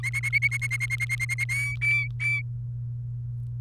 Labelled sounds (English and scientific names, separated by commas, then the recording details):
Domestic Canary (Serinus canaria) song
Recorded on 29 April 2018 at 13:47
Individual llb3